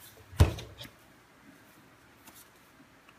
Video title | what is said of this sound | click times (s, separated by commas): ZAGG Folio keyboard cover for iPad mini - Review | snaps right in very snug fit okay | 0.4 s